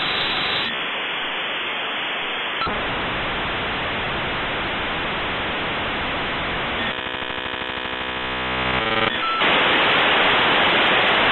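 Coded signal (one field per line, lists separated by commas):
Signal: dial-up modem handshake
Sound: harsh broadband hiss in sections, with a buzzy multi-tone stretch midway, then hiss again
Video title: The Hellish Sound of A Dial Up Modem Connecting to the Internet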